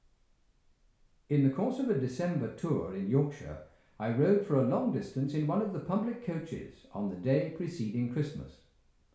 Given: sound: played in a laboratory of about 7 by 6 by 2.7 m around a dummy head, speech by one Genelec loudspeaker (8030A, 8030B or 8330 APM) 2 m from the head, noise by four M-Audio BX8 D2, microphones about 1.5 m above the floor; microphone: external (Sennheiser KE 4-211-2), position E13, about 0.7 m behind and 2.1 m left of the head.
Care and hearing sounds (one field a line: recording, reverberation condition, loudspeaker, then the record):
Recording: male speech in English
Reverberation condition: medium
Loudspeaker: 120 degrees to the left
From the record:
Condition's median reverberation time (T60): about 510 ms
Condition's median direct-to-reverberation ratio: about -0.5 dB